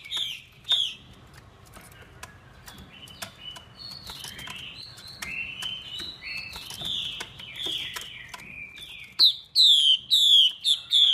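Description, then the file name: Chinese hwamei song: a couple of clear whistles, a long stretch of varied, chattering warbles, then loud repeated downslurred whistles at the end. Female hwamei voice used to stimulate male birds. "Tieng chim hoa mi mai kich trong"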